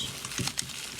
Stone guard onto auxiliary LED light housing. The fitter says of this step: this stone protectors just snaps into place they